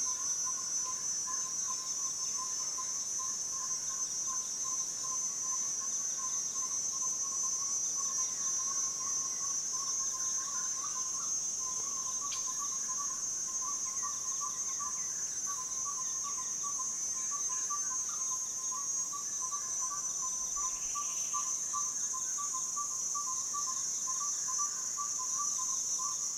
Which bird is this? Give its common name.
Yellow-rumped Tinkerbird